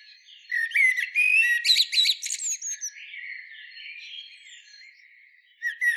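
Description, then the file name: Eurasian blackbird song: a burst of rising whistled notes followed by quick, squeaky high twitters, then a softer warble and a brief closing phrase. "Turdus merula"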